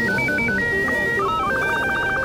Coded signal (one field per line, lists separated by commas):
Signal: SSTV (slow-scan television)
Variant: Robot BW 8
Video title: Coherer: Making of 'Satellite' (SSTV, Electro)